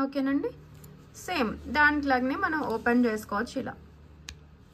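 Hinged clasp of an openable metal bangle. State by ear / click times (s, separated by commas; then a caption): seated / 4.3 s. A woman talks while she opens an openable metal bangle by its hinged clasp. She then closes the clasp, and it locks with one loud, sharp click at 4.3 s.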